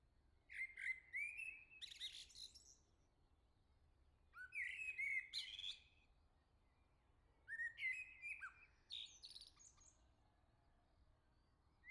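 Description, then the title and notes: Common blackbird singing a few phrases, each of mellow, fluting whistles running into a high, buzzy twittering flourish. Sings nearby on a morning at the start of summer, La Jarrie, France; recorded with SD MixPre-6 II, MS MKH40/30 in Cinela PIA2. "Le Merle salue l'été, 3 Gd Rue de Chassagne, 17220 La Jarrie, France. Quel Sol!!!! pour saluer l'arrivée de l'été ce matin! Merci Jolie Merle de tes vocalises à proximité!"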